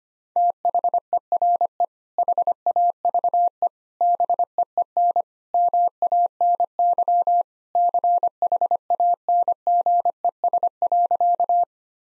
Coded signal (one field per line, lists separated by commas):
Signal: Morse code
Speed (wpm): 25 wpm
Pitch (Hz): 700 Hz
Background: none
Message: THERE HAVE BEEN MANY CHANGES.